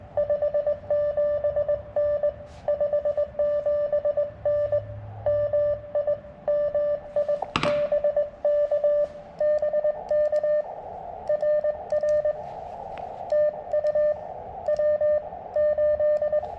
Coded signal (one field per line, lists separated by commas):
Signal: Morse code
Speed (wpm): 21 wpm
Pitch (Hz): 590 Hz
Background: radio noise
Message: 57N 57N MI MI BK BK RR TU W8